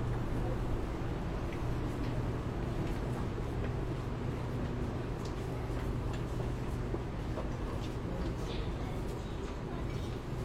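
Metro cooling in Shenzhen runs as a steady, dense low roar with a constant hum beneath it, unchanging in level for the whole ten seconds. Faint clicks and brief scrapes come through now and then, and murmuring voices may sit low in the mix.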